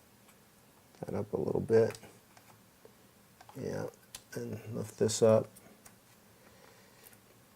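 Someone talks while handling an internal part inside an opened Mac, lifting it up before fitting it into the chassis, with a few faint light taps between the words. Nothing has seated or clicked into place yet.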